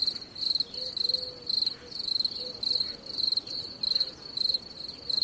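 Cricket chirping: short, high, pulsed chirps repeated almost twice a second, with faint lower tones underneath.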